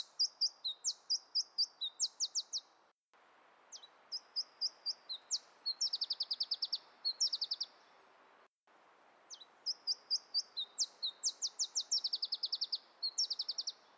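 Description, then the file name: Iberian chiffchaff song: high, sharp notes given singly, then speeding into a fast run of rapid notes. Several phrases with brief silent breaks, faint background hiss. "iberischer zilpzalp"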